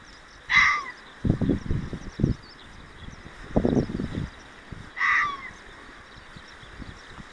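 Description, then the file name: Fox producing two brief harsh yelps, one near the start and one after about five seconds, with bursts of low thudding noise between. Recorded 6 June 2024. "キツネ 240606"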